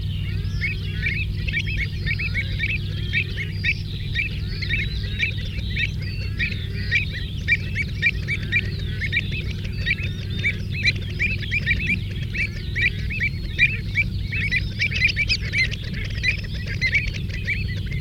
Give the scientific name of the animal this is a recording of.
Recurvirostra avosetta